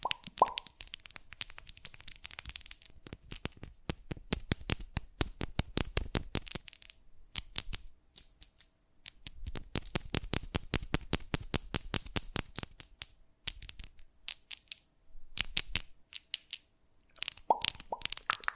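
ASMR triggers made of rapid, sharp tapping and plopping clicks that come in quick bursts, stop, and start again unpredictably. A brief tonal squeak appears near the start and again near the end, with silences breaking up the runs of crisp, bright hits.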